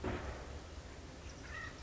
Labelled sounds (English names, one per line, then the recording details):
Acorn Woodpecker
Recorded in Sonoma County, California